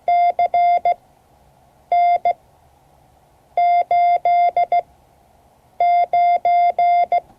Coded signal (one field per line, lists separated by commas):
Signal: Morse code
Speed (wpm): 17 wpm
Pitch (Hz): 700 Hz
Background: none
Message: CN89